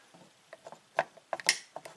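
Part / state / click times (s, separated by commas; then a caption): pull-down latch switch in convertible top switch assembly / seated / 1.5 s. The convertible top pull-down latch switch in a refurbished switch assembly on a Cadillac Allante is pressed down slowly, and it only clicks once pushed further. Faint ticks and small plastic knocks build to sharp clicks near 1.0 s and 1.3 s. The loudest, brightest click at 1.5 s is the switch snapping into place, followed by a few lighter ticks.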